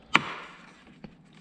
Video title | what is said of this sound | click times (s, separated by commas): Make Your 10th Gen Civic Interior Way Nicer - P3 Gauge Install 2020 Civic Si | hear those snap into place good | 0.1 s